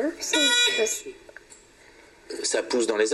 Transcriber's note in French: sonnerie